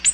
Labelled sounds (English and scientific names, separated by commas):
Ovenbird (Seiurus aurocapilla) flight call